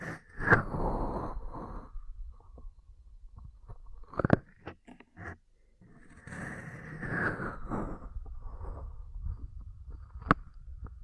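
Ear cleaning and massage sounds with rubbing, scraping bursts in two long stretches, around the start and again from about six to eight seconds. Between them come short sharp taps and clicks, a louder pop near four seconds and another snap near ten.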